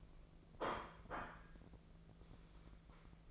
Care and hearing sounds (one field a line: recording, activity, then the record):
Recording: daily activity, microphone in the room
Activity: place plate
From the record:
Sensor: 5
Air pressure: 1015.2 hPa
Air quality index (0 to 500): 205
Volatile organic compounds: 10 ppm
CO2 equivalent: 2254 ppm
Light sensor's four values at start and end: 49/115/46/47 and 49/115/46/47